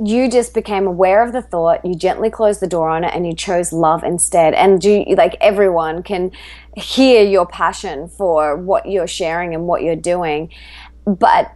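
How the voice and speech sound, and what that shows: Fluent, clear adult female speech with natural pitch movement and brief pauses; ordinary voice quality.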